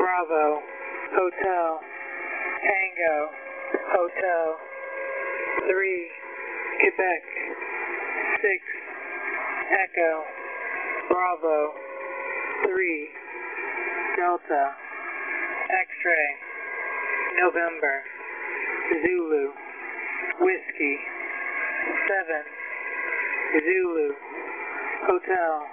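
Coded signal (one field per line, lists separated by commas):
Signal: coded military voice message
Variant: USAF HFGCS EAM, English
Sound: a male voice reading phonetic alphabet letters and digits over radio, steady pace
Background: radio static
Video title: ("Mailbox") US Air Force Messages (HFGCS, 4724 kHz) on 15th May, 2020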